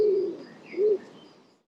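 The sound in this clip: Bird producing two short, low cooing notes, the second slightly rising and falling, with faint high chirps behind.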